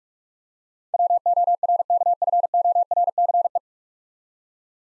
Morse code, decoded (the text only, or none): WORKFORCE